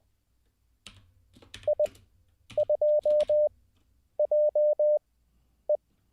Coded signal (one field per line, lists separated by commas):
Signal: Morse code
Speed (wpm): 20 wpm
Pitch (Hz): 600 Hz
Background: none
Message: I 2 J E